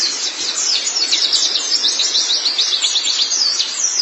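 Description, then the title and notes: White-eye song: a continuous, very high, sweet twitter of fast chirps and slurs, steady in loudness throughout. "Kicauan Burung Pleci Durasi Panjang. Suara kicauan burung pleci"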